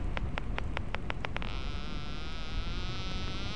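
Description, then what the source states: Beaked whale clicks: a train of about eight sharp clicks coming faster, then a dense continuous buzz over hissing noise. Recorded by a D-tag attached to the whale's body about 200 miles off Cape Cod; the tag stayed on for 12 hours capturing detailed audio and foraging behavior.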